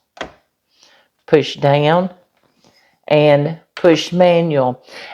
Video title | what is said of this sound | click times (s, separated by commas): An amazing food saver, VEVOR Vacuum Sealer | close your lid and you'll hear it lock into place | 0.2 s